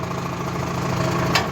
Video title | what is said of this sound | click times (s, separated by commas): Tractors, tankers and rally cars | always make sure you hear the click boys and girls | 1.3 s